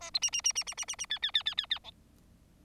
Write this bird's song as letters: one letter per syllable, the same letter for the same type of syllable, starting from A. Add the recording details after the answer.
A B C C C C C C C C D D D D D D E. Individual Bird4